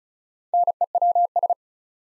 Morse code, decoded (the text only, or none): NEWS